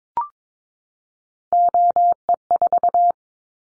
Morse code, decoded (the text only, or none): OE4